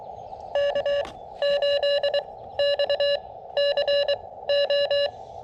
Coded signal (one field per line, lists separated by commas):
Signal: Morse code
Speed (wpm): 21 wpm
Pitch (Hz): 570 Hz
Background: none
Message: K8XCO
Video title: CW POTA at K-2032 with the Elecraft KX2 and AX2 antenna